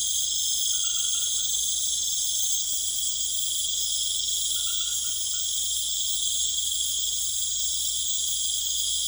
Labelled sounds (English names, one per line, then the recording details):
none
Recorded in pastures near Puerto Asís, Putumayo, Colombia, on 19 March 2025 at 20:30
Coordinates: 0.505, -76.324
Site GP08